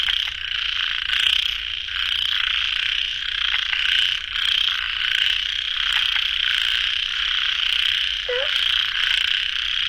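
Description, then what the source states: Frogs calling in a dense, unbroken chorus of overlapping high trills, with a brief lower squeak near the end. Frogs at a pond late at night, recorded in the field by the recordist.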